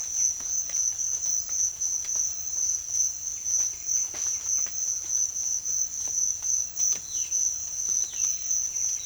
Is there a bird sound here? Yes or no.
yes